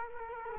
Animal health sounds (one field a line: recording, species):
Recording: mosquito wingbeat signal from an infrared sensor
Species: Culex quinquefasciatus